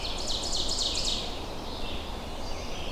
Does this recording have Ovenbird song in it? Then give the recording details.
yes. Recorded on 21 June 2016 at 08:18. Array SBT-6-76